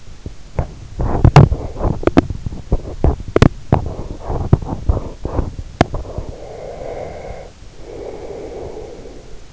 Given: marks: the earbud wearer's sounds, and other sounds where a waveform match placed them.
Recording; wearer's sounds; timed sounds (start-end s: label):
sounds in sleep by an in-ear microphone; teeth grinding, breath
0.17-6.25 s: teeth grinding
5.85-9.53 s: breath